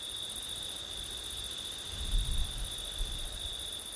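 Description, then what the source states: Cricket trilling continuously on two high pitches, while low wind gusts rumble in the second half. September night, with wind; ORTF stereo recording.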